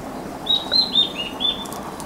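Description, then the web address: Mountain wren-babbler calls, a short series of clear whistled notes, over low background hiss. Recorded at Bukit Ular on Mount Kinabalu, 14 August 2009. "MTKINABALUBUKITULAR. mountain wren-babbler"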